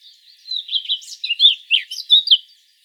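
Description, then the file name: Eurasian blackcap warbling song, a jumbled flowing phrase of sweet, scratchy notes delivered quickly for about two seconds. "Sylvia atricapilla"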